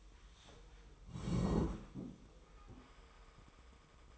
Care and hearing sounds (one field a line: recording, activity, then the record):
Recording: daily activity, microphone in the room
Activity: sit down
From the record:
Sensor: 1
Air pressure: 1005.1 hPa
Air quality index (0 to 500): 123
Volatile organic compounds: 5 ppm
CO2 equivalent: 1716 ppm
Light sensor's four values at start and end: 11/26/11/11 and 11/27/11/12